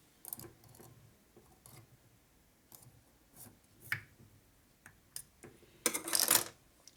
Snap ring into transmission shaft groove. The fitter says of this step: hear it pop a little bit like that rotate